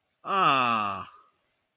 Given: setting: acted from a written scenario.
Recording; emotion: vocal sound without words; adoration